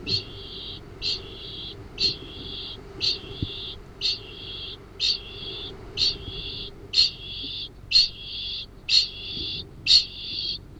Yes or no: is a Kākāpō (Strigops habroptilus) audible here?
yes